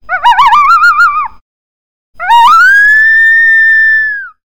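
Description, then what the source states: Elk giving a high, wavering, chattering whistle, then after a pause a rising whistle that holds steady and fades at the end. Elk chattering and howling.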